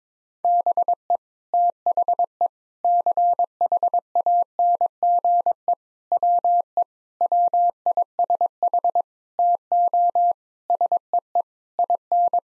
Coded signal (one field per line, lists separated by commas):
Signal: Morse code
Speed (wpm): 22 wpm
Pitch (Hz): 700 Hz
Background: none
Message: BE THE CHANGE WE WISH TO SEE IN